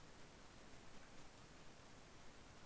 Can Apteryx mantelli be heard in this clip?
no